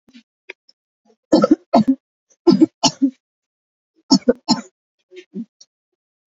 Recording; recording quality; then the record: heavy voluntary cough; excellent, no background noise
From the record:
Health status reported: exposed to COVID-19, no respiratory illness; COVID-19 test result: negative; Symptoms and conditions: cough, asthma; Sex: female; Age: 33 years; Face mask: not worn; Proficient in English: yes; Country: India